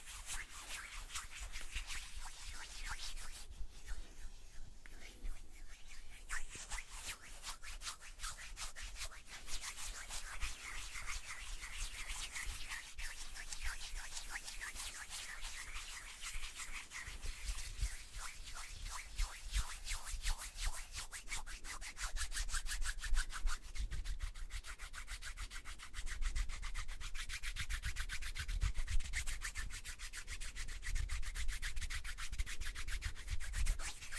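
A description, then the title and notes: Hands rub together in a steady, dense rasp that runs the full length, a bright scratchy texture made of rapid strokes. Around five seconds there is a brief lull, and the rubbing grows somewhat louder and more clipped in the last ten seconds, over a low rumble. ASMR The BEST Hand Sounds.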